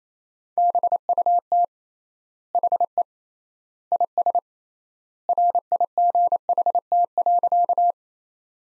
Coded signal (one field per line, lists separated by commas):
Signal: Morse code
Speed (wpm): 28 wpm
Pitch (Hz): 700 Hz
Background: none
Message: BUT HE IS RIGHT.